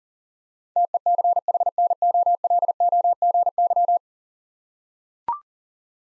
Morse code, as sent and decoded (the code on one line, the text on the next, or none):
- . -.-. .... -. --- .-.. --- --. -.--
TECHNOLOGY